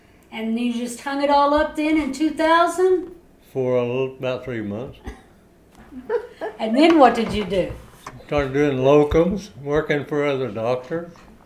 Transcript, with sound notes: And you just hung it all up then, in 2000?
For a little--about three months.
(laughs) And then what did you do?
Started doing locals--working for other doctors.